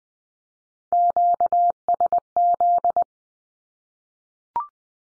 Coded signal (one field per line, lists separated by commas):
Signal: Morse code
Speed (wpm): 20 wpm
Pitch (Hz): 700 Hz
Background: none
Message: QSZ